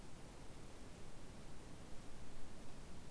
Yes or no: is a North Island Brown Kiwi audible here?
no